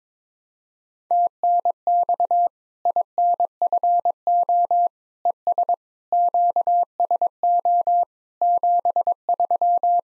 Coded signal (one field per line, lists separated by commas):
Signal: Morse code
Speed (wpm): 21 wpm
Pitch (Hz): 700 Hz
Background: none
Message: TNX INFO ES QSO 73